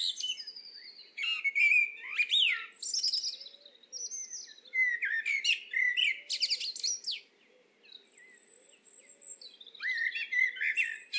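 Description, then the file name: Eurasian blackbird singing: several mellow warbled phrases mixed with high squeaky twitters, with brief pauses between, plus a thin high whistle late. "Turdus merula"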